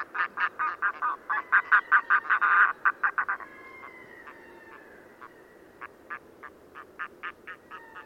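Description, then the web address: Red-throated loon song: loud rapid cackling notes in a fast run, a brief pause with a drawn-out wail, then the cackling resumes more slowly. "chant xeno-canto plongeon catmarin"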